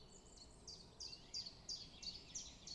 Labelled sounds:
Common Chiffchaff (Phylloscopus collybita)
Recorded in Germany
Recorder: ecoPi

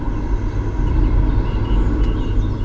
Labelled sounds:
Song Thrush (Turdus philomelos)
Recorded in Germany
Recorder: ecoPi

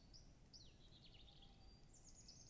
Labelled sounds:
Tawny Owl (Strix aluco)
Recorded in Germany
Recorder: ecoPi

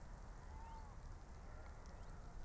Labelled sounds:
Common Chiffchaff (Phylloscopus collybita)
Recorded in Germany
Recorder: ecoPi

